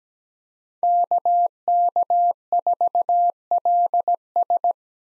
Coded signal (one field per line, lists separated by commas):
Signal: Morse code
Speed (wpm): 17 wpm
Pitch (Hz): 700 Hz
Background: none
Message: KK4LS